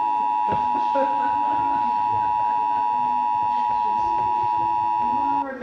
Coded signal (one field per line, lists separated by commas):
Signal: Emergency Alert System (SAME) tones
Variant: 853 and 960 Hz attention tone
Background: speech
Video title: EAS #31 Severe Thunderstorm Warning